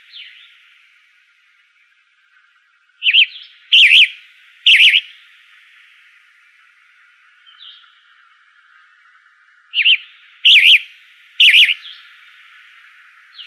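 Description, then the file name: Flame-colored tanager singing burry, hoarse warbled phrases in groups of three, separated by a long quiet gap with one faint soft note. Arizona, 16 May 2004. "FCTA 3 deviche"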